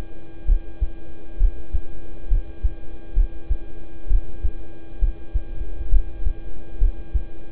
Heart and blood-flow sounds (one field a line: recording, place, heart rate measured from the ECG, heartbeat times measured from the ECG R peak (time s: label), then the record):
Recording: heart sounds by stethoscope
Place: between the tricuspid and mitral areas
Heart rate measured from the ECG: 66 bpm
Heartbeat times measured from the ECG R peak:
0.45 s: heartbeat
1.37 s: heartbeat
2.28 s: heartbeat
3.13 s: heartbeat
4.07 s: heartbeat
4.99 s: heartbeat
5.89 s: heartbeat
6.78 s: heartbeat
From the record:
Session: rest, lying down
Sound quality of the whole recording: good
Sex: male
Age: 26 years